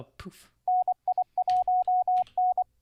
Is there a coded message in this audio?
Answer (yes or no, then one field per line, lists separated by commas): yes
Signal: Morse code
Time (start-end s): 0.7-2.6 s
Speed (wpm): 25 wpm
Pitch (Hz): 730 Hz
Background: none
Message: NI1N